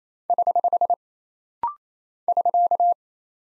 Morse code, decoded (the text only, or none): <HH> <SK>